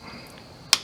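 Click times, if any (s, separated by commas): 0.7 s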